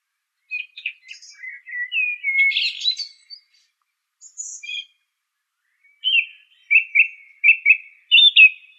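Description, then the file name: Song thrush song: varied whistled and chirping phrases, some repeated in quick short bursts, with pauses between groups. "suara kicauan burung song thrush. omkicau"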